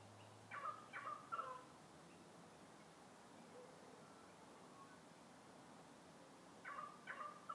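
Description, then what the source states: Currawong calls in two bursts, each of three ringing, gurgling notes, one at the start and one at the end, with a quiet gap between. Recorded among trees.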